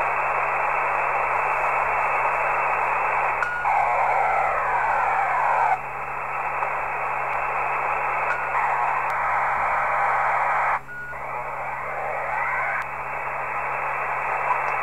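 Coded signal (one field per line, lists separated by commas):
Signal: ACARS aircraft data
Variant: HFDL (HF ACARS)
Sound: steady wide rushing hiss-like data signal with brief breaks and level changes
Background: radio static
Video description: Decoding HF ACARS transmissions using Sorcerer decoder in PSK mode, ARINC 635 for HFDL.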